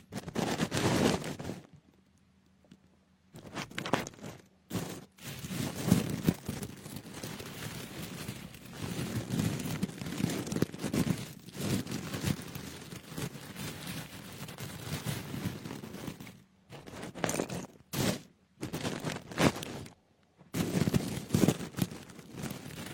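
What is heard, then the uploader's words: Crunchy brushing of jasmine tea leaves in dense, scratchy bursts, pausing near two and sixteen seconds, then resuming in short irregular strokes. The crunchy brush of jasmine tea.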